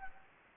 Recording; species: mosquito wingbeat signal from an infrared sensor; Anopheles gambiae